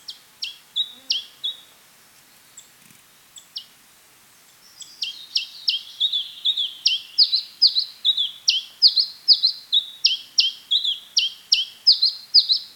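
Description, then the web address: House sparrow chirping song: a few scattered chirps, a short pause, then a steady run of loud, repeated chirps about twice per second. Song, 13 July 2007 at 04:31. "hlehto. physp 0431 varpai"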